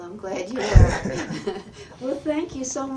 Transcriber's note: laughs